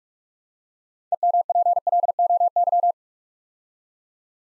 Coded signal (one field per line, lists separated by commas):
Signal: Morse code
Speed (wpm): 44 wpm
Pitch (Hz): 700 Hz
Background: none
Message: EMPLOY